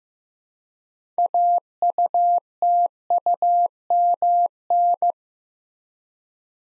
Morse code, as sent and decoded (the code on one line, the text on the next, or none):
.- ..- - ..- -- -.
AUTUMN